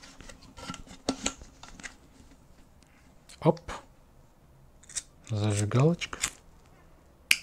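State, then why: Released. A lighter heats the bimetallic thermostat disc of an electric kettle while someone talks, with light handling clicks early on. At 7.3 s the heated disc snaps over with a sharp, loud click and pushes the power button, switching the kettle off.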